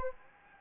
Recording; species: mosquito wingbeat signal from an infrared sensor; Anopheles gambiae